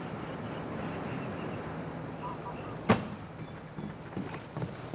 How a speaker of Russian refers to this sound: Подъезжает машина в парке.